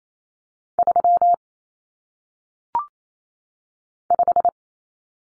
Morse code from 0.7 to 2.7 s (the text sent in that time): 3